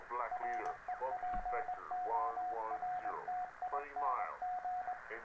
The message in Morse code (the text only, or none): REPORTING